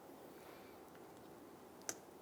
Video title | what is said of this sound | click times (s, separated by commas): How to Replace Master Cylinder 2000-2006 Toyota Tundra | you're going to press it in you're going to feel it and hear it click | 1.9 s